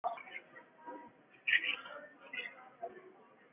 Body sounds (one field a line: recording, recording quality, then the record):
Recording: shallow breathing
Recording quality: poor, much background noise or distortion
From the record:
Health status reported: COVID-19 positive, moderate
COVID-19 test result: positive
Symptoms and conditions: muscle pain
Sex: female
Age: 25 years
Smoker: not ticked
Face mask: not worn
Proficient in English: yes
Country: India